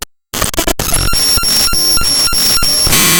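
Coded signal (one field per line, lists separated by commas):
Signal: none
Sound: raw data noise bursts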